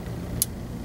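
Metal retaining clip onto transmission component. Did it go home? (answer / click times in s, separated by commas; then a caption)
yes / 0.4 s. A small metal retaining clip is pushed into place by hand on a Jeep 44RE transmission during a tune-up. Over a steady low rumble, a single sharp, bright click sounds at 0.4 s. The clip is seated.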